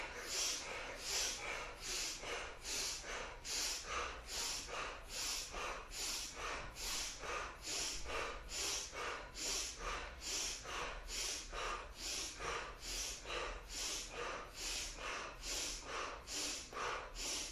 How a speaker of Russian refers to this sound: Дышим, не устаем. Вот этот холодок прям в затылок туда проносим мысленно.